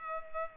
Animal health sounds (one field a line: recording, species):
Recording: mosquito wingbeat signal from an infrared sensor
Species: Culex pipiens